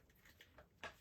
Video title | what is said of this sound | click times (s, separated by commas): Top 5 Cordless Vacuums and Mops for Hard Floors | kind of clicks into place and then you just hit the on button | 0.8 s